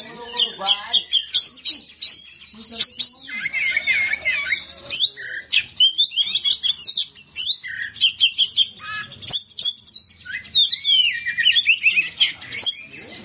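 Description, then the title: Oriental magpie-robin song: rich, fast medley of sharp whistles, rising and falling slurs and buzzy trills, packed tightly with brief gaps between phrases. "Kacer"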